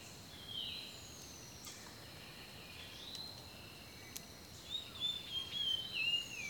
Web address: Pre-Uni Library Enter Natures Songs Nature Sounds The Natural Sounds of the Wilderness 10 CDs collection Echoes of Nature - Rainforest Birdsong